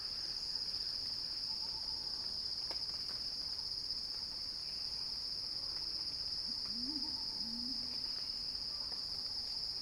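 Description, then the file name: An unbroken, piercing cicada buzz fills the whole stretch; a few soft low calls and faint whistles appear toward the end. Cicada song building in a crescendo. "earth-fm Axel-Drioli Cicada-Crescendo-Sounding-Wild"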